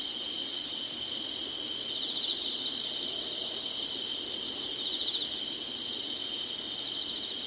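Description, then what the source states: Insect chorus, a constant high buzz with short louder surges roughly every one to two seconds. Singing, in summer.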